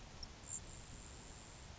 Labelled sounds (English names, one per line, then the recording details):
Grasshopper Sparrow
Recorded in Sonoma County, California